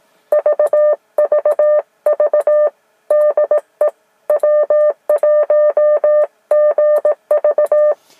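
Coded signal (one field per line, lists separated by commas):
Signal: Morse code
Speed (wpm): 18 wpm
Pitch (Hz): 590 Hz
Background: none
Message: VVV DE W1GV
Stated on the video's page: Side-by-side receive comparison between two antennas on several bands.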